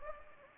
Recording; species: mosquito wingbeat signal from an infrared sensor; Anopheles gambiae